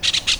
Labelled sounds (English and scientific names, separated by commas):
Brown-throated Parakeet (Eupsittula pertinax) contact call